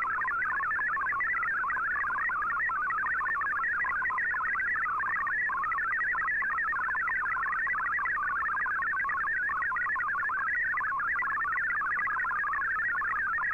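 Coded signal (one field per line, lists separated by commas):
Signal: multi-tone FSK (Olivia or MFSK type)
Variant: MFSK32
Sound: fast warbling single tone jumping between many pitches, continuous, over light hiss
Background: radio static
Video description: Here is my decode of the Shortwave Radiogram broadcast today on 15770Khz shortwave radio at 1300UTC in MFSK32 and 64 and with 8 SSTV images.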